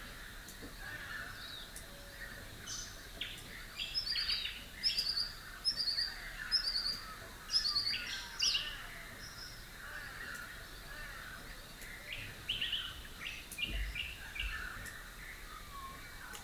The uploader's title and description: Rural Dawn Chorus, Rathdowney, Queensland. The Dawn Chorus in the tiny town of Rathdowney, Queensland